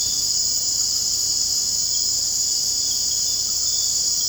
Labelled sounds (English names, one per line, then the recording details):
none
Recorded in secondary vegetation near Puerto Asís, Putumayo, Colombia, on 19 February 2024 at 01:00
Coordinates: 0.489, -76.322
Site G6419